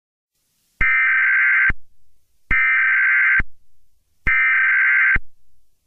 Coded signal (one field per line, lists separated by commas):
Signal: Emergency Alert System (SAME) tones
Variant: header bursts